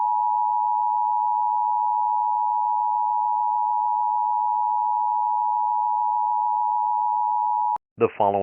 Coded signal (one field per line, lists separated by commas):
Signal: Emergency Alert System (SAME) tones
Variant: 853 and 960 Hz attention tone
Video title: EAS Scenario [bloody Maverick] ([mini Scenario])